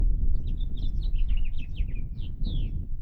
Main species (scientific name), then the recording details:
Haemorhous mexicanus. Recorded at Point Lookout on Long Island, New York, on 2 June 1975. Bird C